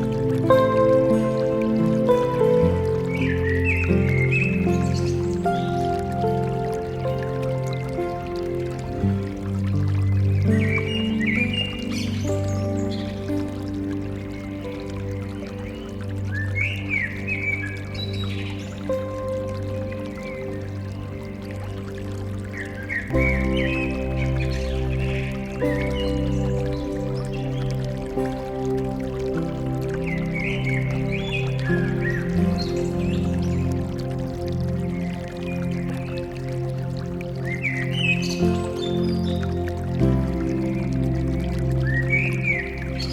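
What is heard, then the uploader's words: Soft, sustained music with deep, full low chords that shift every few seconds, with a noticeable change near 23 seconds. Short bright bird calls chirp above it at irregular intervals, and a faint trickling water sound runs underneath at a steady level throughout. Relaxing Music with Nature Sounds for Sleeping, Relaxation _ Water Sounds, Bird Song.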